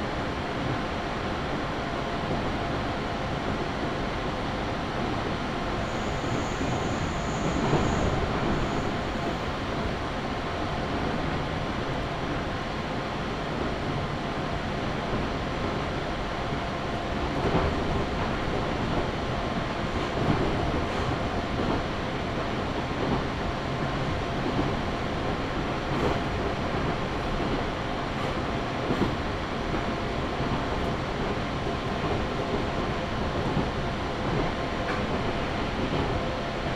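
A Chūō West Line train runs from Jūnikane toward Kiso-Fukushima, a steady, dense rumble of the ride with a faint high whine near eight seconds. Sharp clicks and knocks from the rails recur through the clip, clustering around 17–21 and 26–29 seconds.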